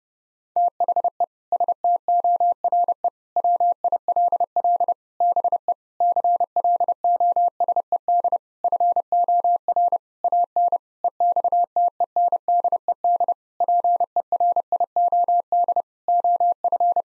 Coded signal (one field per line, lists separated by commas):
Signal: Morse code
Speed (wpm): 30 wpm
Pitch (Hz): 700 Hz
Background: none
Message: THE STORE WILL BE CLOSED FOR AN EXTENDED PERIOD OF